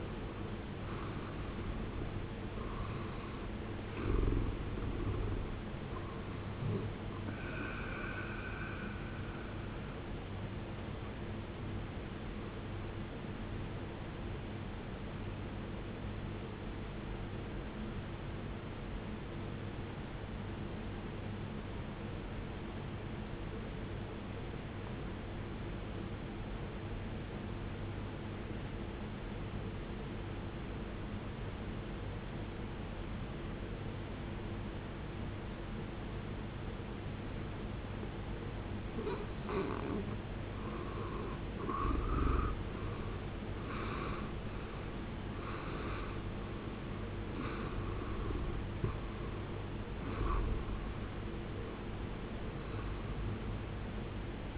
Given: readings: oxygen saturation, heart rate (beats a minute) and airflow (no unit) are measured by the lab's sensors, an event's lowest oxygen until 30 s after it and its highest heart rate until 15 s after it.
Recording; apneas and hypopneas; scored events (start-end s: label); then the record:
breathing in sleep by a voice recorder at the bedside; 1
10.00-42.40 s: hypopnea (N1, oxygen 95% highest, then 74% lowest, heart rate 55 at the start, 78 highest)
20.00-50.00 s: new sleep stage, N2 (light sleep)
50.00-54.57 s: new sleep stage, N1 (lightest sleep)
From the record:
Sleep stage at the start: N1 (lightest sleep); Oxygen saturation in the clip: 75 to 95%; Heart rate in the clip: 53 to 78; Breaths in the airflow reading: 9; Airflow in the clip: -20.2 to 18.4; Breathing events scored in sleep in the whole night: 389 in 6.3 hours asleep